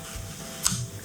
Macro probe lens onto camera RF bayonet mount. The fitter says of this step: till it clicks so really good tight fit there there is no play in the in the in the mount